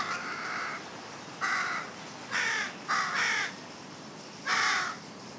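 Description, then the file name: Carrion crow giving several raspy caws, the first somewhat softer. "Corvus corone"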